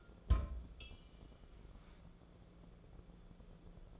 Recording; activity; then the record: daily activity, microphone in the room; place on stove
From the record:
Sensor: 5